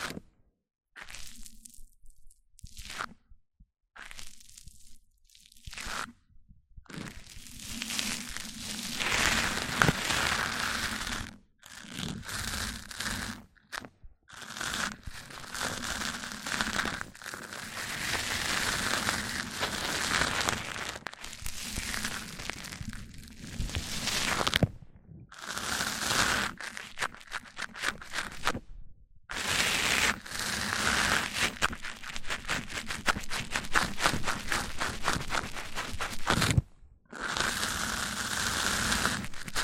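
Mic-on-mic triggers: scratchy, crinkly rubbing sounds come in bursts, broken by abrupt near-silent gaps every few seconds. Between the pauses the friction is dense and bright with a faint low thump underneath, and in the later stretches it turns into rapid, fluttering scraping.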